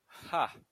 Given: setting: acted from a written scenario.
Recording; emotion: vocal sound without words; contempt